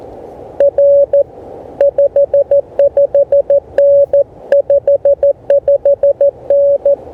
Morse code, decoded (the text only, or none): R 55N 55N